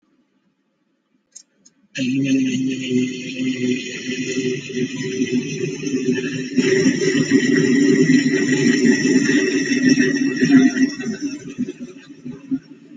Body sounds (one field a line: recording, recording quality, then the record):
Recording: sustained vowel as in made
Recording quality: excellent, no background noise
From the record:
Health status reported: exposed to COVID-19, no respiratory illness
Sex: male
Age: 44 years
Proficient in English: yes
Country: India